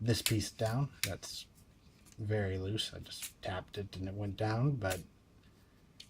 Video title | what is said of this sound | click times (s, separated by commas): Generation Toys Green Shadow D - Bulldozer (Bonecrusher) | locks in place secured with robot mode | 6.0 s